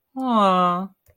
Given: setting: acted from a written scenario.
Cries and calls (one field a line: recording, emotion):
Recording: vocal sound without words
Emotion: adoration